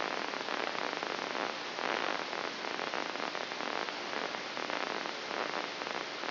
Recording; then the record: brain microelectrode recording played as sound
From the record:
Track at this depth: outside the subthalamic nucleus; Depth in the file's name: 7.304 mm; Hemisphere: left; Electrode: 2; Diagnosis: Parkinson's disease